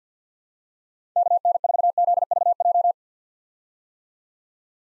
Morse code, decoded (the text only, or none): KN4ZVJ